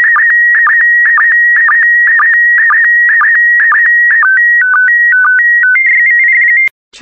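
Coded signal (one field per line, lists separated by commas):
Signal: SSTV (slow-scan television)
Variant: PD120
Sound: steady whistle-like tone with rhythmic downward chirps, then stepping tones, abrupt stop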